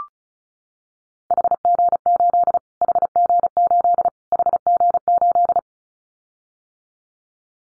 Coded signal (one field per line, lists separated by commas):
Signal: Morse code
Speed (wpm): 34 wpm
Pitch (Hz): 700 Hz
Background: none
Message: HG8 HG8 HG8